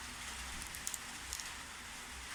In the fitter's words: Buraya böyle tak diye oturttuğunuz zaman